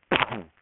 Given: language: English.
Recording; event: throat vibration sensor signal played as sound; cough